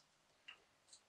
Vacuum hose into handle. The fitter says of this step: no pretty way of doing this so everything just clicks into place then